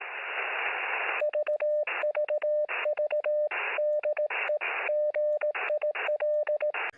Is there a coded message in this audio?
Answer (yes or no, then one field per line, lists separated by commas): yes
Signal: Morse code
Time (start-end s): 1.2-6.7 s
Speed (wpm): 18 wpm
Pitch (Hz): 600 Hz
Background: radio noise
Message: VVVDEGIL